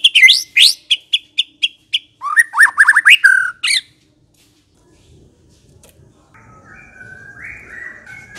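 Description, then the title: White-rumped shama song of quick repeated sharp notes and rising whistled slurs lasting about four seconds, followed by quiet with a soft low rumble and faint whistles. Lure recording of an aggressive bird. "Pancingan Murai Batu Galak"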